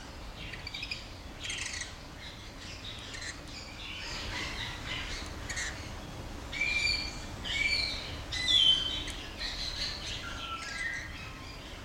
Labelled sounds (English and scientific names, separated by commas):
Mexican Parrotlet (Forpus cyanopygius) call